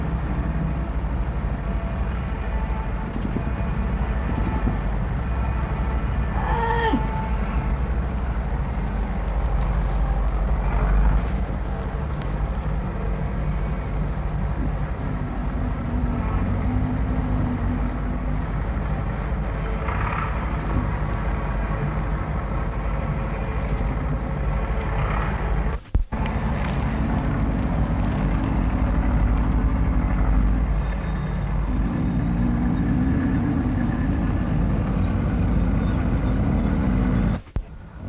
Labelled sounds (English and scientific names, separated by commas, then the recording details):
Snow Leopard (Uncia uncia)
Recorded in captivity
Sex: female
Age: adult
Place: Tierpark Berlin, Berlin, DE
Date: 1963-07-15 20:30
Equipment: Minifon, Kopie BG 26/1
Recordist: Tembrock, Günter